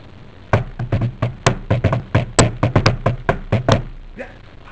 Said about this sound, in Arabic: ايه النقرة دي او الرجل اللي يسمى ضابط الايقاع، ما بيعمل ايه؟ بيخبط كده على الـ على الـ على الطبلة.